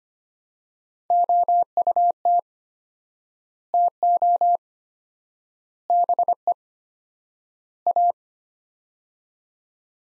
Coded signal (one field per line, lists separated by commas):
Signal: Morse code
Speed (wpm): 25 wpm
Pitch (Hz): 700 Hz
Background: none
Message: OUT TO BE A